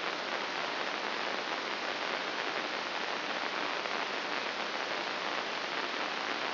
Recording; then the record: brain microelectrode recording played as sound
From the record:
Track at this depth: inside the subthalamic nucleus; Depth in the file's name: 4.585 mm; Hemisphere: left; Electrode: 2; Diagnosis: Parkinson's disease